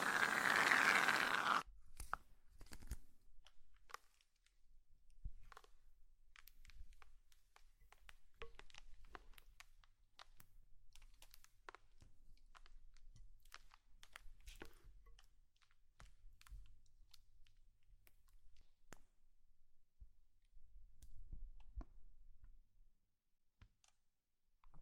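Slime being handled, with a loud rushing burst in the first second and a half, then quiet, sticky clicks and small wet pops scattered irregularly to the end. A faint low hum sits underneath.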